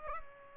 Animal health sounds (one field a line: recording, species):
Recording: mosquito wingbeat signal from an infrared sensor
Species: Aedes albopictus